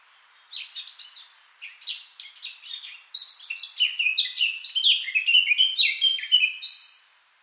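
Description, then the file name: Eurasian blackcap song: a rapid, scratchy chattering warble that grows louder and ends in clear, fluty whistled phrases. "Sylvia atricapilla"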